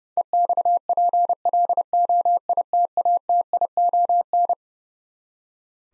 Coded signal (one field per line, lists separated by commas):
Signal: Morse code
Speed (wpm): 30 wpm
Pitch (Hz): 700 Hz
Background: none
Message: EXPLOITATION